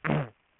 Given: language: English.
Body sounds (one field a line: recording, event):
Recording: throat vibration sensor signal played as sound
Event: throat clearing